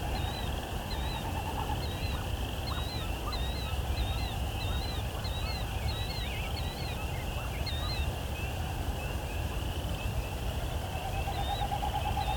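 An evening chorus at sunset: a bird repeats a short, bright chirping call about every half second through most of the clip, over a steady high insect-like hum. A constant low rumble, like distant surf or traffic, fills the background throughout.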